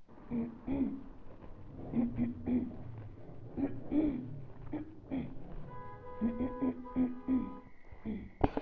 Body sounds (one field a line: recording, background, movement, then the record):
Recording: throat clearing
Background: traffic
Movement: walking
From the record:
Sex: female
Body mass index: 22.6 kg/m2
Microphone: on the chest, facing the body